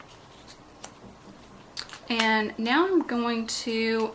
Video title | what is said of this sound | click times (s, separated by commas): Mermaid Card Tutorial - A Look at Stampin' Up Myths and Magic Collection - 2018 Occasions | and you always want to make sure you hear that nice snap when you put those back on them. | 0.8 s, 1.8 s